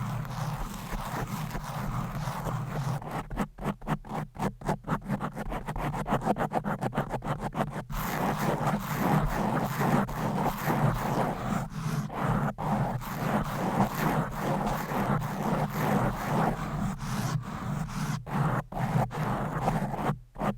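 Long nails scratch fast and hard across a microphone, a continuous dense rasping with a strong low rumble underneath. From about 3 to 8 seconds the strokes come as rapid, regular bursts with brief gaps. After that the scratching grows thicker and louder, broken by occasional sharp pauses.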